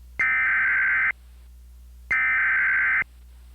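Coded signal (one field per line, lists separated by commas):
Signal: Emergency Alert System (SAME) tones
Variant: header bursts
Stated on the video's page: Recreational mock civil emergency message for flash flooding, not a real alert.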